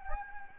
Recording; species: mosquito wingbeat signal from an infrared sensor; Anopheles gambiae